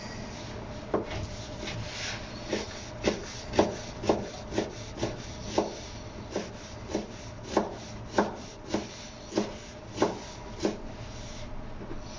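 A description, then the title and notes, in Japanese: Sounds from a kitchen where a bed of sake lees is being mixed: a steady series of rough rubbing, scraping strokes, about two per second. A low, constant hum runs underneath throughout. キッチンでの物音をお送りします。主に粕漬けを作るための粕床を作っています。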